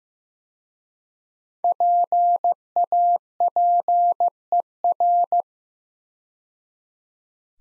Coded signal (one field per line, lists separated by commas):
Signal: Morse code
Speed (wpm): 15 wpm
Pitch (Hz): 700 Hz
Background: none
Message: PAPER